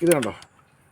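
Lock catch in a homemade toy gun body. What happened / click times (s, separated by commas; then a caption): The wooden latch is handled but has not locked yet / none. Someone talks while handling the lock catch of a homemade wooden toy gun body, probably a rubber-band gun, pulling its locking part back toward the lock. Speech fills the first 0.4 seconds, with a faint short tick near 0.4 seconds before the sound fades to near silence. Nothing has seated or clicked yet.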